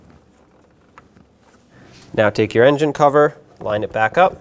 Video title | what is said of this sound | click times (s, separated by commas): How to Replace MAP Sensor 2008-2020 Dodge Grand Caravan 3.6L | put your electrical connector back press it on and lock it down | 1.0 s